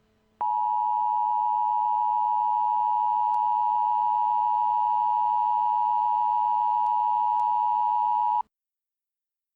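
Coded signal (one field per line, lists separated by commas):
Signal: Emergency Alert System (SAME) tones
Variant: 853 and 960 Hz attention tone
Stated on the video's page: Simulated EAS scenario about a Hudson River Valley flood, a fictional recreation rather than a real alert.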